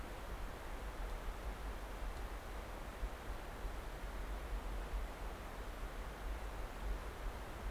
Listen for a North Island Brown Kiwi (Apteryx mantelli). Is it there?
no